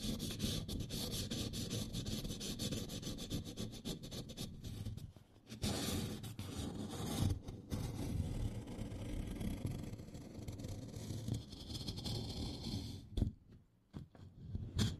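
Candle wax is scraped off in a dense, continuous run of rough scratching, thick in the low end with a gritty, crackly top. The scraping stops briefly near five and a half seconds and again around thirteen to fourteen seconds, with sharp clicks at each restart.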